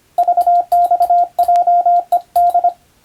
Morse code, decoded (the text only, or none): VXJED